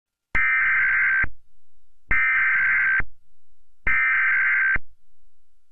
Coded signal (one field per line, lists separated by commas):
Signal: Emergency Alert System (SAME) tones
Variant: header bursts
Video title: EAS Recreation: Test Tornado Warning